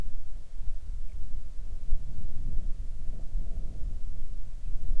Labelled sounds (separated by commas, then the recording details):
near silence
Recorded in the Arctic National Wildlife Refuge, Alaska, on 3 August 2019 at 05:17
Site 41